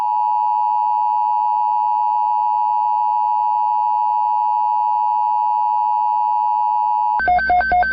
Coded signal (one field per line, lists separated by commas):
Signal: Emergency Alert System (SAME) tones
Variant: 853 and 960 Hz attention tone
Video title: Southern Ohio takes ANOTHER hit.. 🌪 || EAS Alerts from May 7, 2024 (EAS #2,654-2,667)